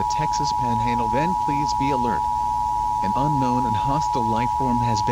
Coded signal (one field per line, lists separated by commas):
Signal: Emergency Alert System (SAME) tones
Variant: 853 and 960 Hz attention tone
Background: speech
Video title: eas alert during old showing of scream 2